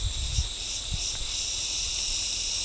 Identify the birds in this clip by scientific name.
none